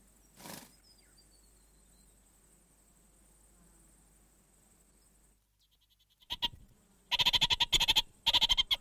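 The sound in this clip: Orange-fronted parakeet: a faint early note, a long quiet stretch, then a few scattered notes building into two loud bursts of fast, harsh chattering.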